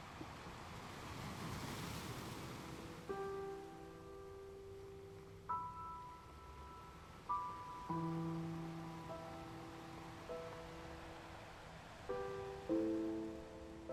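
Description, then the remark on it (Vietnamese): Ocean waves wash steadily onto a beach in a broad, hissing roar that swells early on, while a gentle melody of sustained notes plays over the surf from about three seconds in. “Mình xuống bờ biển đi, để … gửi xe đã.”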